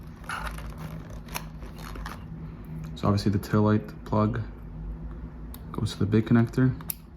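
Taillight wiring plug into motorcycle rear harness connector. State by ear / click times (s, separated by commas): not seated / none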